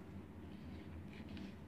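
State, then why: Not seated. A Bahco Laplander folding saw blade is being folded back into its plastic handle toward the lock over a low, steady rumble, with a couple of faint brief scrapes near 1.1 and 1.4 seconds. The blade has not clicked shut yet, so nothing has seated or locked.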